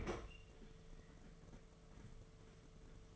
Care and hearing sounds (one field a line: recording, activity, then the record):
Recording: daily activity, microphone in the room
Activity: open fridge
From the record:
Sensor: 4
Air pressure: 1015.8 hPa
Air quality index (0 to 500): 188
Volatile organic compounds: 9 ppm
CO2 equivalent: 2173 ppm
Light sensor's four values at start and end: 10/24/10/10 and 8/19/8/8